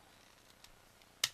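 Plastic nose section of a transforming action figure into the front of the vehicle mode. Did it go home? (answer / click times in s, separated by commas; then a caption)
yes / 1.2 s. The plastic nose section of a Generation 2 Bruticus transforming action figure is pushed into the front of its vehicle mode until it locks. Faint soft ticks at 0.6 s and 1.0 s lead to a sharp, bright click at 1.2 s as the nose seats.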